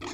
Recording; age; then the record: pig call; weaner (32 to 43 days)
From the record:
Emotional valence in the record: negative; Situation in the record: long isolation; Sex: female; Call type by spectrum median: low-frequency call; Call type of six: mixed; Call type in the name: high-frequency stable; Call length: 0.13 s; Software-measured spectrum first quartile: 477 Hz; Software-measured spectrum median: 1283 Hz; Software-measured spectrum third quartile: 3613 Hz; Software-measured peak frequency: 350 Hz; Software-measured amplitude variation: 88 dB a second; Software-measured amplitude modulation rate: 18.8 a second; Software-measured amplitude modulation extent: 4.7 dB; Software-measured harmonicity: 0.9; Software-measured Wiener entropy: -1.81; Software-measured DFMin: 701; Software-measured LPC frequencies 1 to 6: 1090, 2057, 2453, 3370, 4187, 5323 Hz